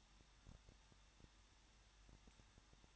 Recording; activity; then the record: daily activity, microphone in the room; no activity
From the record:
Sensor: 3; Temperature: 21.2 degrees Celsius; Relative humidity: 36.3%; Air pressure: 1006.3 hPa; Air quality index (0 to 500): 222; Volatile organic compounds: 41 ppm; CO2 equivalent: 3164 ppm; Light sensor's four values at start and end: 2/3/2/2 and 2/3/2/2